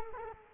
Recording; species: mosquito wingbeat signal from an infrared sensor; Culex quinquefasciatus